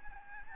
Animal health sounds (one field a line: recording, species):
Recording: mosquito wingbeat signal from an infrared sensor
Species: Aedes albopictus